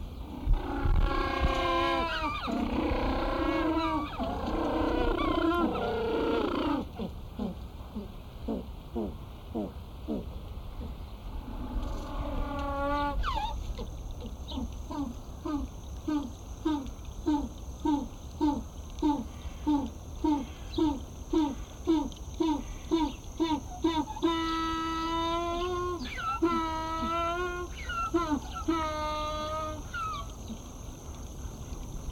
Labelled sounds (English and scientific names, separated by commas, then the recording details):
African Penguin (Spheniscus demersus) call
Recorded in captivity
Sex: group
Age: diverse
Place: Zoo Berlin, Berlin, DE
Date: 1996-01-06 14:28
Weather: bedeckt, -4°C
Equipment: Sony WM-D6C, Sennheiser ME 80, Kopie Uher 4000 Report Monitor
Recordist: Tembrock, Günter